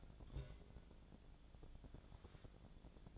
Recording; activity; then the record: daily activity, microphone in the room; take from stove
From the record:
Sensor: 5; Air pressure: 1000.1 hPa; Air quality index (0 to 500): 91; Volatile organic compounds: 1 ppm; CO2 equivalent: 743 ppm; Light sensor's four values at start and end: 317/741/323/362 and 318/746/324/362